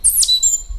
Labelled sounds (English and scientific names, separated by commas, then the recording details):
Stitchbird (Notiomystis cincta) song
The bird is a male
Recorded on Tiritiri Matangi Island, New Zealand, in 2005
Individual 7, of nest box 9